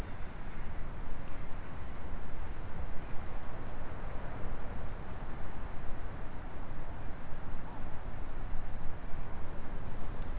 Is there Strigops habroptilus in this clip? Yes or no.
no